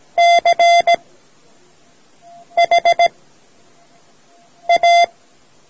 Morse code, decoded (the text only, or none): CHA